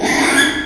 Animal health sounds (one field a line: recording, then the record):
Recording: squeal of a Yucatan mini pig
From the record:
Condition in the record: after surgery on the right vocal fold (resection and tissue-engineered implant)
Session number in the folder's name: 3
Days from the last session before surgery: 33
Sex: male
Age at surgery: 12 weeks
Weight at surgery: 13 kg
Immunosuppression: cyclosporine, prednisolone